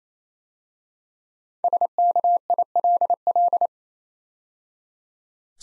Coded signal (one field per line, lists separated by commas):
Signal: Morse code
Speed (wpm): 29 wpm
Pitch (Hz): 700 Hz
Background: none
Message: SKILL